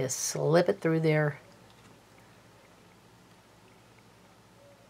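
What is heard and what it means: An opened metal jump ring is slipped through a mini book charm and lined up before being closed. Someone talks for about the first 1.4 seconds, then only quiet handling and room noise follow. Nothing has closed or clicked yet.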